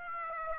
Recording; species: mosquito wingbeat signal from an infrared sensor; Aedes aegypti